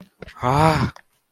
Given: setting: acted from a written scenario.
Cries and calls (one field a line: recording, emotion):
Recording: vocal sound without words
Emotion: disappointment